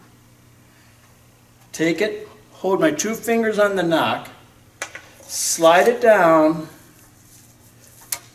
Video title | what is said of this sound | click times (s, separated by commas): Trad Archery 101 - The NFAA 300 round | pull back and click in place. | 8.1 s